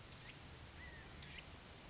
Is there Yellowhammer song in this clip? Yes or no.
no